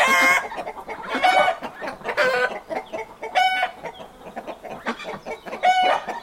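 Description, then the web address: Chicken: frequent clucking, with loud harmonic cackling squawks about once a second among overlapping farmyard calls. Farmyard ambience with chickens, traffic-free background. "Hollywood Edge Historical Series cd 5 Traffic Free BG's Farmyard With Chickens Ducks"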